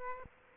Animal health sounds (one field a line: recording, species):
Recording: mosquito wingbeat signal from an infrared sensor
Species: Aedes aegypti